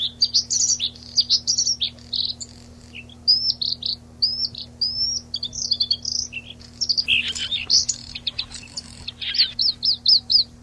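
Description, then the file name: Bluethroat song: long varied stream of high chirps, buzzes and whistles in changing phrases, ending with a quick series of repeated ringing notes; low hum in background. Recorded 26 April 1992. "26 04 92 Lsvecica"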